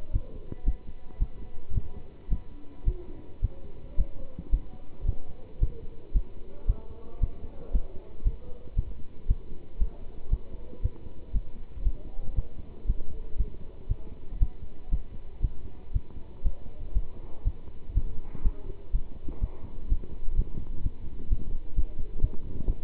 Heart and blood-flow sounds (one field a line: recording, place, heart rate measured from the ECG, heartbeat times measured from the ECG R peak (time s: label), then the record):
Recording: heart sounds by stethoscope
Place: between the tricuspid and mitral areas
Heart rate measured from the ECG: 117 bpm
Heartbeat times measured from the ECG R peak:
0.11 s: heartbeat
0.64 s: heartbeat
1.18 s: heartbeat
1.74 s: heartbeat
2.28 s: heartbeat
2.84 s: heartbeat
3.41 s: heartbeat
3.96 s: heartbeat
4.50 s: heartbeat
5.05 s: heartbeat
5.59 s: heartbeat
6.12 s: heartbeat
6.66 s: heartbeat
7.20 s: heartbeat
7.71 s: heartbeat
8.23 s: heartbeat
8.75 s: heartbeat
9.27 s: heartbeat
9.78 s: heartbeat
10.29 s: heartbeat
10.81 s: heartbeat
11.32 s: heartbeat
11.83 s: heartbeat
12.35 s: heartbeat
12.86 s: heartbeat
13.36 s: heartbeat
13.88 s: heartbeat
14.39 s: heartbeat
14.89 s: heartbeat
15.41 s: heartbeat
15.92 s: heartbeat
16.42 s: heartbeat
16.93 s: heartbeat
17.43 s: heartbeat
17.93 s: heartbeat
18.42 s: heartbeat
18.91 s: heartbeat
19.40 s: heartbeat
19.88 s: heartbeat
20.35 s: heartbeat
20.82 s: heartbeat
21.29 s: heartbeat
21.75 s: heartbeat
22.21 s: heartbeat
22.66 s: heartbeat
From the record:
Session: pedaling a stationary bicycle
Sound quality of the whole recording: good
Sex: male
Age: 27 years